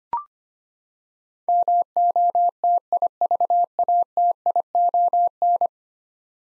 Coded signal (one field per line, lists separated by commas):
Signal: Morse code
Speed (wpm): 25 wpm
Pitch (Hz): 700 Hz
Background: none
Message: MOTIVATION